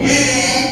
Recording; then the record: squeal of a Yucatan mini pig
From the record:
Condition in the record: before surgery on the right vocal fold (resection and tissue-engineered implant); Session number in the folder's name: 2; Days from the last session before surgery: 0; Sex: male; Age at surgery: 12 weeks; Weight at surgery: 13 kg